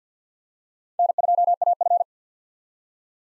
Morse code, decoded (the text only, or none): N2AF